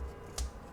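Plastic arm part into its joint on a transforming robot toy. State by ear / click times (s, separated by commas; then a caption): seated / 0.4 s. The plastic arm part of a transforming robot toy is pushed into its two-segment joint after the joint is rotated, with a faint low hum underneath. A single short, sharp plastic click at 0.4 s marks the part snapping into place and locking in.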